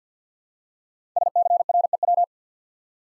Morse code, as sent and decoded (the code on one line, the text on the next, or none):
... -.-. .-. . .--
SCREW